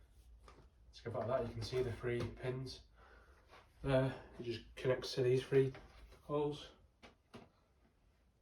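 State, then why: Not seated. Someone talks while lining up the plastic vacuum extension tube's three pins with the three holes on the main body of a Shark Anti Hair Wrap corded stick vacuum (HZ500UK). A few faint handling knocks are heard near 0.5, 7.1 and 7.3 seconds. Nothing has clicked or seated yet; the tube is pushed home later.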